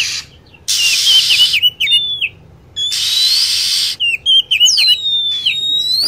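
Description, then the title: Lovebird: rapid shrill chirping with wavering whistled notes and falling sweeps, interrupted by two long blocks of harsh hissing noise. Lure sound (pikat) used to attract lovebirds. "PIKAT BURUNG LOVEBIRD"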